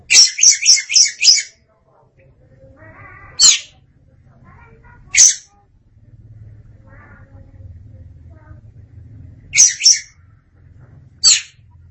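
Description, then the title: Oriental magpie-robin opening with a rapid burst of five rasping high notes, then single scratchy notes and a pair spaced a few seconds apart, over a faint low rumble and soft chirps. "Suara Kicauan Burung Kacer Durasi Panjang"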